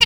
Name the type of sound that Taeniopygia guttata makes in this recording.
tet call